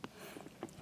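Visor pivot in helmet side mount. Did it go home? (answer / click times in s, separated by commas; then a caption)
released / 0.0 s. A finger prises the second side of a plastic Shoei motorcycle helmet visor out of its pivot mount on the helmet's side, and the visor pops free with a sharp snap at 0.0 s. Two more brief clicks follow at 0.6 s and 0.7 s, and the visor side ends up released from its mount.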